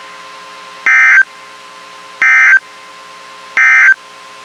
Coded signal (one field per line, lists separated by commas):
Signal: Emergency Alert System (SAME) tones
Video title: I’m back! (EAS #379-384)